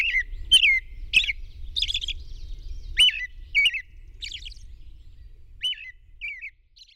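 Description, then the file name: Robin singing a series of short whistled phrases with pauses between them, over low rumbling noise that stops near the end. At dawn on 21 June 2001. "2001-06-21 Robin Dawn PW"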